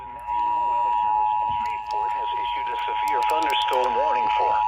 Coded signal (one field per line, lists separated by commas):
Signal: Emergency Alert System (SAME) tones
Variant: 853 and 960 Hz attention tone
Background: speech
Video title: EAS #683 - 687 - Severe Thunderstorm Warning for Miller, Bowie, and Cass counties.